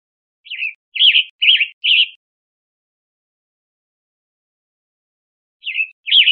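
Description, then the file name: Western tanager call: four burry, slurred notes in quick succession, silence for several seconds, then two more hoarse notes. Recorded 1 May 2005. "CR WETA 1 050501"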